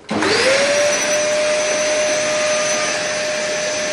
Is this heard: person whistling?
no